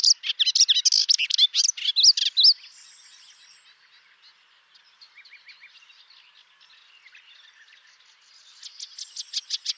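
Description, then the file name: Melodious warbler song: a fast, scratchy burst of chattering notes for over two seconds, a quieter twittering stretch, then a run of rapid repeated high notes near the end. "Hypolais polyglotte"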